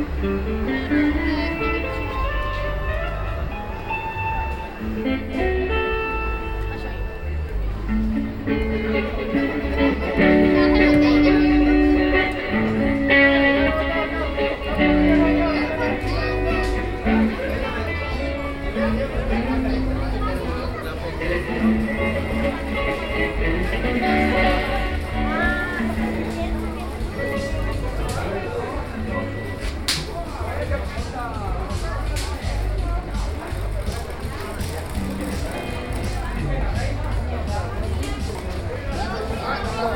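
Crowd talk fills a busy flea market, steady overlapping voices, with occasional clinks and a low rumble underneath.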